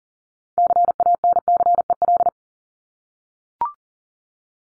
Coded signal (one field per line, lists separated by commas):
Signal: Morse code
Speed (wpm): 40 wpm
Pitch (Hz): 700 Hz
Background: none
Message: CANCEL